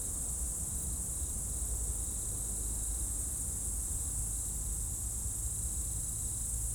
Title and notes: route col du Chat, Bourdeau, France - Tutti insectes. Dans la première épingle de la route du col du Chat à Bourdeau, insectes dans le talus et les arbres au crépuscule, avion, quelques véhicules